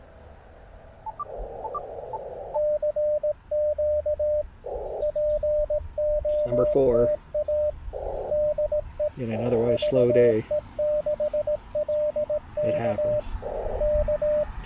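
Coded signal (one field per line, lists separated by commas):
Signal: Morse code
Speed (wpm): 18 wpm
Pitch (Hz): 600 Hz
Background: speech, radio noise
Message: CQ POTA DE VE6LK K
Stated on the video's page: CW at 5 and 100 watts on a park activation at Fish Creek Provincial Park, amid variable solar conditions.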